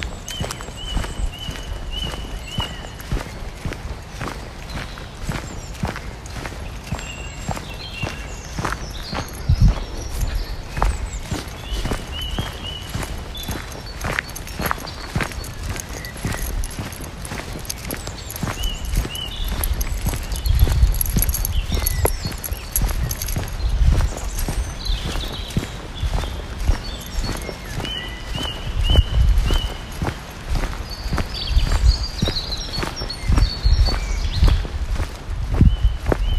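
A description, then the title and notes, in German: Steady footsteps crunch along a forest walk with a dog, while birds chirp and trill high above throughout, growing busier toward the end. Abends mit dem Hund raus. Eine Stunde Spaziergang im Wald mit Hund.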